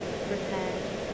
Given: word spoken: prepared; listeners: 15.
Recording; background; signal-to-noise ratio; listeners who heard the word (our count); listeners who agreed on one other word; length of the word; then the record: one English word in noise, from a listening test; speech-shaped noise; -5.4 dB; 2 of 15; 8 of 15; 0.74 s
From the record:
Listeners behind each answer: 8, 4, 2, 1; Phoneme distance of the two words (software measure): 14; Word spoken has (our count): 2 syllables, 6 phonemes, stress on syllable 2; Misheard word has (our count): 2 syllables, 4 phonemes, stress on syllable 2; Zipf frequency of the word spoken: 4.82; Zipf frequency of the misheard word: 4.13